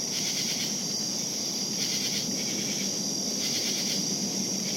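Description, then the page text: Crickets in a dense, steady chorus of high continuous trilling over a constant hiss. Steady night cricket chorus on a hot summer night in savannah. "Lynne Music 2. Night Crickets Savannah Long: Steady, exotic, hot summer night crickets. package of Swamp, Marsh & Woods"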